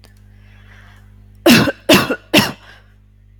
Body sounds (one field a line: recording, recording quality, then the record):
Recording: heavy voluntary cough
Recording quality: moderate, slight background noise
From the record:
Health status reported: healthy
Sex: female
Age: 28 years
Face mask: not worn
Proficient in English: yes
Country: India